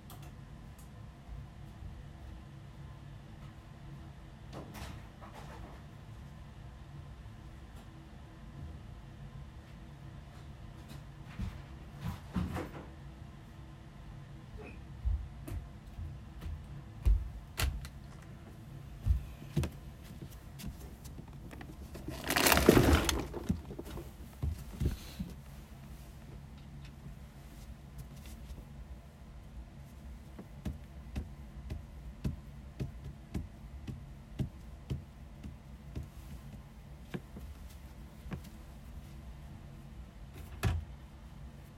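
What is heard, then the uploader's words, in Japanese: Cleaning and tidying while a desk and sofa are moved: a low rumble, scattered knocks and scrapes, and one loud grinding drag near 23 seconds. 掃除と片付け。机とソファの位置を変える。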